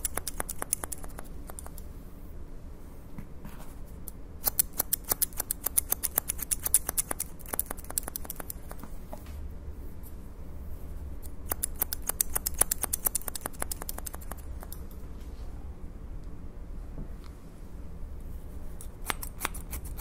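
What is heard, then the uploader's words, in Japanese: Scissors cutting in repeated bursts of sharp, crisp snips, quick runs of clicks clustered around 4–7 seconds, 11–14 seconds and again near 19 seconds. Between the bursts the snipping thins out, leaving only a low, steady hum underneath. (ASMR)ハサミでカット。ホワイトノイズよりの音となります。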